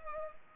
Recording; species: mosquito wingbeat signal from an infrared sensor; Culex pipiens